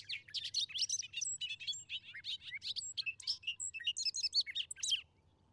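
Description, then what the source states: Bobolink song: a tumbling, bubbly jumble of rapid metallic and buzzy notes, jumping up and down in pitch for about five seconds without pause. Rollicking, hilarious songster.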